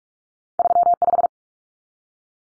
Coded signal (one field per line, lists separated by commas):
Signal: Morse code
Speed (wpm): 44 wpm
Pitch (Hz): 700 Hz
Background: none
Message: 35